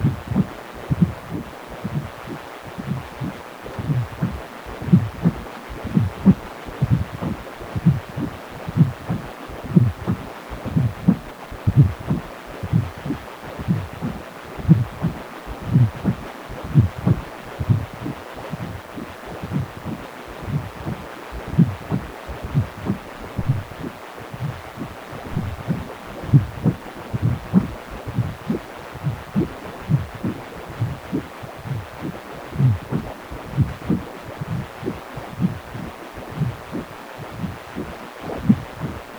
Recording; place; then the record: Doppler ultrasound of blood flow; precordium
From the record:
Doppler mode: continuous wave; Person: healthy adult, 18 to 50 years, no heart murmur, not diving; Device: 2.5 MHz transducer